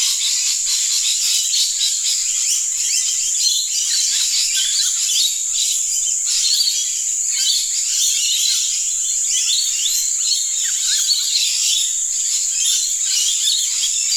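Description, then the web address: Lorikeets calling as a flock, a dense, continuous wash of high-pitched screeching chatter, with a steady high insect-like whine running throughout. Flock in trees at close range, Australia. "bandada de loritos en los arboles a poca distancia australia"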